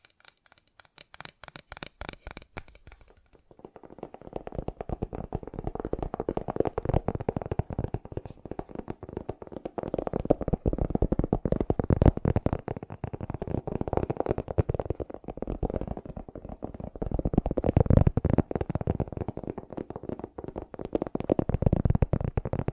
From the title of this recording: ASMR Fast Tapping